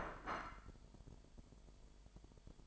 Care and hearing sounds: daily activity, microphone in the room; place plate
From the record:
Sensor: 5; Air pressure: 1002.1 hPa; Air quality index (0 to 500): 224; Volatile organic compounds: 28 ppm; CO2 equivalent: 2907 ppm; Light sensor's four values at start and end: 10/24/10/11 and 10/24/10/11

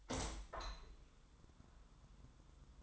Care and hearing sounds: daily activity, microphone in the room; open window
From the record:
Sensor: 3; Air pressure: 1004.7 hPa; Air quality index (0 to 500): 100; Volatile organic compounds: 4 ppm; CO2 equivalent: 1565 ppm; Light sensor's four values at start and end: 7/16/6/6 and 7/16/6/6

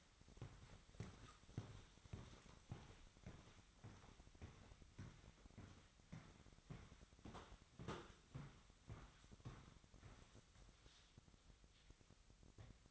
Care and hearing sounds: daily activity, microphone in the room; walk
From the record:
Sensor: 3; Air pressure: 1001.6 hPa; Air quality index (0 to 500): 226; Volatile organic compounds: 32 ppm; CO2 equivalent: 3003 ppm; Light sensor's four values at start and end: 12/37/16/14 and 12/36/16/13

